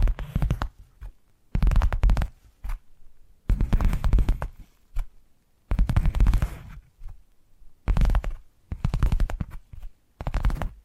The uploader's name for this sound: Addictive Tapping Triggers